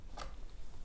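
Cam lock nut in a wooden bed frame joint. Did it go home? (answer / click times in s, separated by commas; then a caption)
no / none. A flat head screwdriver turns the cam lock nut in the direction of the arrow on a wooden bed frame joint of a Stompa Uno 5 High Sleeper Bed, to pull the joint together until it locks. A brief, sharp, bright sound stands out at about 0.2 s over quiet handling noise. Nothing has seated or locked yet when the clip ends.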